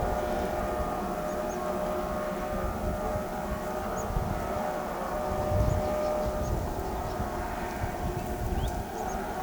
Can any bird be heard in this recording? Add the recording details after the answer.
no. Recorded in pastures near Pivijay, Magdalena, Colombia, on 15 April 2023 at 16:00. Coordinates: 10.456, -74.369. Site P6-G026